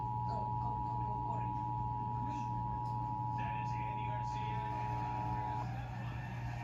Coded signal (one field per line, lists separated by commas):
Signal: Emergency Alert System (SAME) tones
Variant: 853 and 960 Hz attention tone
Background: speech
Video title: Alerts, Alerts, Alerts! | EAS Alerts from 5/2-6/7 (EAS #154-179)